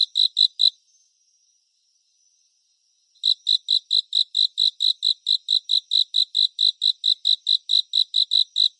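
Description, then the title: Cricket chirping in rapid, even pulses, a short burst, a silent pause of a few seconds, then a long steady run of chirps. "蟋蟀演唱会"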